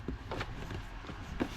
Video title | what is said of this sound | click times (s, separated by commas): How to Change Cabin Air Filter on Ford Explorer 2020 - 2026 | You hear it click. | 0.3 s, 0.4 s